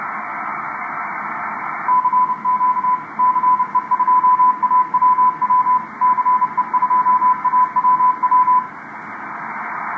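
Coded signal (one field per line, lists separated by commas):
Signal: Morse code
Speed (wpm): 30 wpm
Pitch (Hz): 1000 Hz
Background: radio noise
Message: CQ CE2AWW CE2AWW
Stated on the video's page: Off-air HF reception in the afternoon on 20 through 10 meters, bands open, including a contact with Chile.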